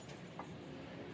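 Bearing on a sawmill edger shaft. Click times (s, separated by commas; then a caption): 0.4 s. A bearing on a sawmill edger shaft is worked while the edger bearings are being replaced and the play is evened out. Against a steady broadband background, a faint, sharp snap sounds at 0.4 s. The bearing snaps into place and is judged probably good.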